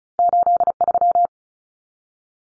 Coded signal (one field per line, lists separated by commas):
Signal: Morse code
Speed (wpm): 34 wpm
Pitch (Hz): 700 Hz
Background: none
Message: 83